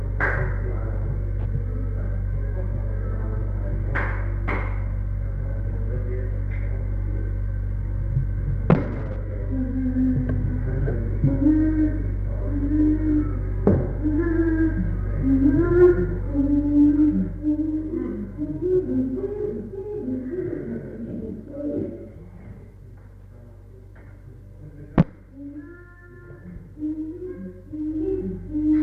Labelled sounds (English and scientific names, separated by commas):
Chimpanzee (Pan troglodytes)